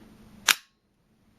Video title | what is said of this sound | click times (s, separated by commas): Iottie One Touch Bike Mount | and push it and it snaps right in as you could hear | 0.5 s